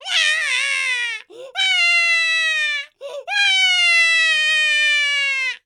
Baby Cry.